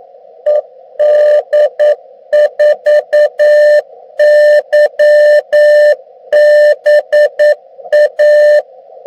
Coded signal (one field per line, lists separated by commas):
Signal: Morse code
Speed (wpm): 9 wpm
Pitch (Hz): 600 Hz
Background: none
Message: ED4YBA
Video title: Using HAMA / HDMI Video 4K to USB recording Stick